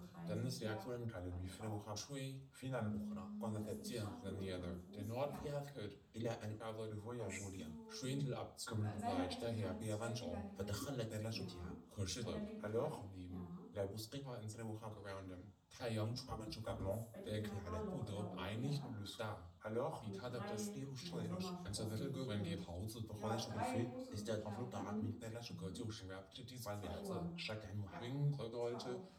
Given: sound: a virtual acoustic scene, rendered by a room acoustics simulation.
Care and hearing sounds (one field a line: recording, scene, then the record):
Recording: noise of the scene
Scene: living room, asymmetric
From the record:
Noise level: 67 dB SPL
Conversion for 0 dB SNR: 5.4 dB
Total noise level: 72.4 dB SPL